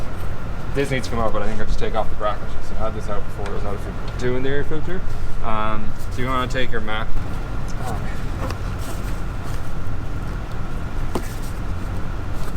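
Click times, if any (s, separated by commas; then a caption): 11.2 s. On a 2015 Subaru WRX with the FA20 engine, someone talks while working under the hood, then presses the locking tab on the plastic electrical connector of the MAP sensor on the intake manifold. After some struggle, the latch releases with a sharp click at 11.2 s and the plug is pulled off.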